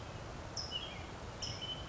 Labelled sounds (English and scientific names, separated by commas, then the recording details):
California Towhee (Melozone crissalis)
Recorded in Sonoma County, California